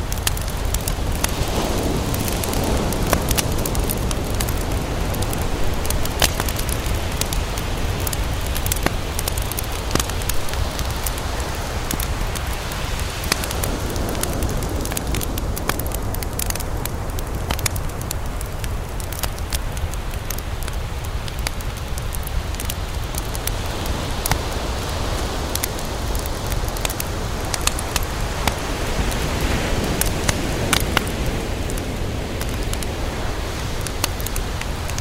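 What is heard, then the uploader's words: A campfire crackles steadily close by, with sharp pops and snaps scattered densely across the whole stretch. Underneath, a deep, constant rush of ocean surf rolls on, swelling slightly around the middle and again near the end, without clear breaks between waves. Beach Campfire: Crackling Fire and Ocean Waves. The soothing sound of a crackling beach campfire, combined with the calming and rhythmic sound of ocean waves.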